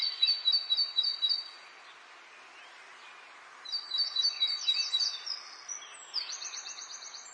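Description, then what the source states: Bird song in two bursts: a quick, high, stuttering trill at the start, a pause of about two seconds, then more rapid chirped trills and twitters. Birdsong in an English garden in the late afternoon, urban atmosphere.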